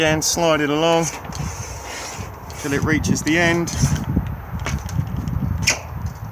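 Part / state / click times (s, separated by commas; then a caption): canopy support leg in awning rail / seated / 5.7 s. Someone talks over music while a support leg of the Dometic roll-out canopy on an Elddis Majestic 105 is slid along its awning rail to the end. A sharp click at 5.7 s marks the leg locking into place, seated at the end of the track.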